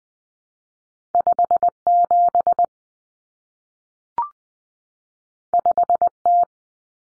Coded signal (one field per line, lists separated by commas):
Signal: Morse code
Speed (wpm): 20 wpm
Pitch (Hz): 700 Hz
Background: none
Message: 57 5T